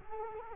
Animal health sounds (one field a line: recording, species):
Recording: mosquito wingbeat signal from an infrared sensor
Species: Culex quinquefasciatus